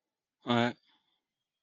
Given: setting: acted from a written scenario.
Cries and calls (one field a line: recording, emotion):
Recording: vocal sound without words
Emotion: neutral